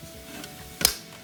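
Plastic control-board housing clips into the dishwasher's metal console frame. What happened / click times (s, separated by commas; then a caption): A plastic housing clip snapped into its frame / 0.8 s. A plastic control-board housing on a Bosch dishwasher is pressed into the dishwasher's metal console frame. A housing tab snaps into place with one sharp click at 0.9 s, and the housing is seated. Someone talks, but the words cannot be made out.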